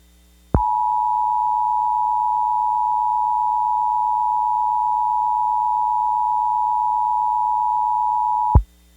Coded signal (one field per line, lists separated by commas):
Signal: Emergency Alert System (SAME) tones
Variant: 853 and 960 Hz attention tone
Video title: EAS Scenario - Baby Einstein